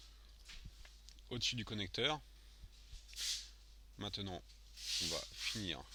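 Inside an iPhone 5S being repaired after falling in water, the small metal cover plate over the home button flex connector on the logic board is pressed down so it clips on top of the connector. A sharp, short click is heard at 1.1 s, and someone talks throughout. The plate seats.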